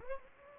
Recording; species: mosquito wingbeat signal from an infrared sensor; Anopheles gambiae